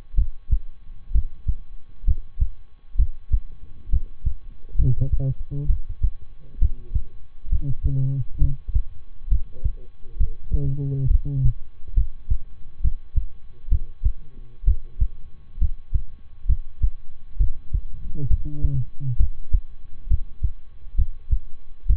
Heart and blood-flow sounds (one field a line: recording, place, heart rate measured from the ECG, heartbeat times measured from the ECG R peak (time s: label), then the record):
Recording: heart sounds by stethoscope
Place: between the tricuspid and mitral areas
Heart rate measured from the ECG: 66 bpm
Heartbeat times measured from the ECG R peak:
0.14 s: heartbeat
1.11 s: heartbeat
2.04 s: heartbeat
2.95 s: heartbeat
3.89 s: heartbeat
4.75 s: heartbeat
5.66 s: heartbeat
6.58 s: heartbeat
7.48 s: heartbeat
8.37 s: heartbeat
9.28 s: heartbeat
10.16 s: heartbeat
11.07 s: heartbeat
11.93 s: heartbeat
12.80 s: heartbeat
13.68 s: heartbeat
14.64 s: heartbeat
15.57 s: heartbeat
16.45 s: heartbeat
17.36 s: heartbeat
18.27 s: heartbeat
19.16 s: heartbeat
20.07 s: heartbeat
20.94 s: heartbeat
21.86 s: heartbeat
From the record:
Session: rest, lying down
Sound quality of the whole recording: good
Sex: male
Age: 23 years